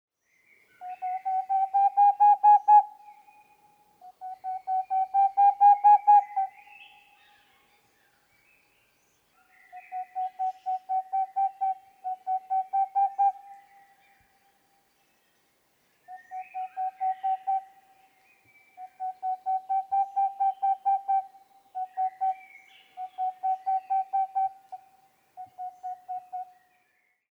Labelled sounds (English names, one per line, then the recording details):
Boreal Owl
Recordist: Frommolt, Karl-Heinz
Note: Männchen: Mehrere Rufreihen